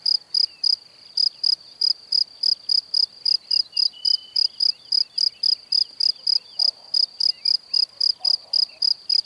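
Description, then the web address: Cricket song: loud, high, pulsed chirps repeated steadily about three to four times per second, with faint bird calls in the background. "Kurs PTTK Przyroda Ptaki Świerszcze"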